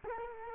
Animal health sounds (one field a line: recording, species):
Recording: mosquito wingbeat signal from an infrared sensor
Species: Culex quinquefasciatus